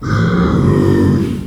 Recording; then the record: squeal of a Yucatan mini pig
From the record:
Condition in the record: after surgery on the right vocal fold (resection and tissue-engineered implant); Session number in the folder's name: 12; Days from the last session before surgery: 105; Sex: female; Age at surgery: 19 weeks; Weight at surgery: 25 kg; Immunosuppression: prednisolone